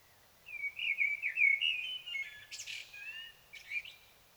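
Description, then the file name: Common blackbird singing a rich, rambling fluty phrase that breaks into a short burst of high squeaky twittering, followed by a final soft warble and twitter. "Turdus merula"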